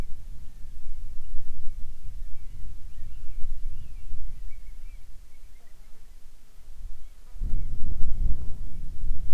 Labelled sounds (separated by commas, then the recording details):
seabird, wind, insects
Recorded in the Arctic National Wildlife Refuge, Alaska, on 7 July 2019 at 18:59
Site 41